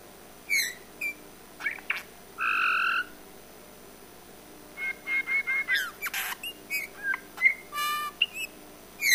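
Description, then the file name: Eurasian bullfinch calls: mellow whistled notes and a longer harmonic piping note, then a run of varied short whistles, chirps and buzzy notes, irregularly spaced. "Pyrrhula pyrrhula"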